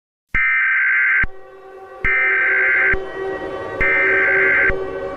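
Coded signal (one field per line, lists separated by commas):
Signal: Emergency Alert System (SAME) tones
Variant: header bursts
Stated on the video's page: Fictional EAS scenario, not a real alert.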